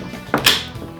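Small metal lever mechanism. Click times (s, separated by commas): 0.3 s, 0.5 s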